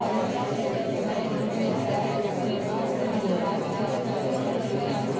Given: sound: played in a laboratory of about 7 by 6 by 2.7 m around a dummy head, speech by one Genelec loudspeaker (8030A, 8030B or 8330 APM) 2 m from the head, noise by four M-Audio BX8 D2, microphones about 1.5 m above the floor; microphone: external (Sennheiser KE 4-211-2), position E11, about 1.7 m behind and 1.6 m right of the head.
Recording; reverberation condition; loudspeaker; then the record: babble noise; low; four, about 170 cm from the corners of the room and facing them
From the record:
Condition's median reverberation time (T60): about 310 ms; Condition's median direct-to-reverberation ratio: about 3.5 dB